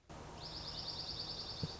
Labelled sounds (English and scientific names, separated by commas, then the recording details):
Dark-eyed Junco (Junco hyemalis)
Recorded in Sonoma County, California